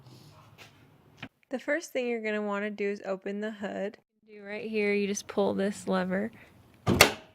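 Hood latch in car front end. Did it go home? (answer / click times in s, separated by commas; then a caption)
released / 7.0 s. Someone talks while the interior hood release lever is pulled, and the car's hood latch releases at 7.0 seconds with a loud, sharp pop. The hood latch has popped open.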